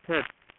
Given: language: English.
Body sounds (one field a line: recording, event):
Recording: throat vibration sensor signal played as sound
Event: speech